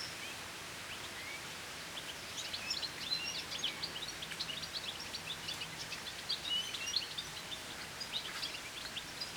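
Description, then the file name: European goldfinch giving rapid twittering, tinkling notes, sparse at first then a dense run of high chirps, over steady background hiss. "Carduelis carduelis"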